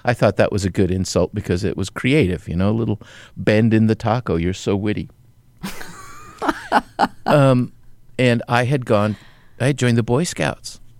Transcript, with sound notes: I thought that was a good insult because it was creative - you know, a little bend in the taco. You're so witty. (Laughter) And I had gone - I had joined the Boy Scouts.